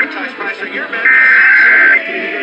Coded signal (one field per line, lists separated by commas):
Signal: Emergency Alert System (SAME) tones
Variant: header bursts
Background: speech